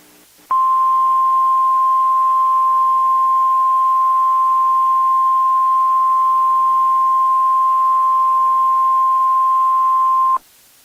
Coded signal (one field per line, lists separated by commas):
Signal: Emergency Alert System (SAME) tones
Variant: 1050 Hz attention tone